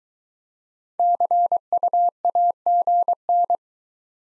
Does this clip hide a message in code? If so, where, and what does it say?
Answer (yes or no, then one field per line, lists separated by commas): yes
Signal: Morse code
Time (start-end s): 1.0-3.6 s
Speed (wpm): 22 wpm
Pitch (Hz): 700 Hz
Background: none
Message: CUAGN